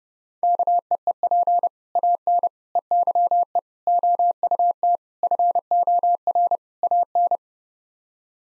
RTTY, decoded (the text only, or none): none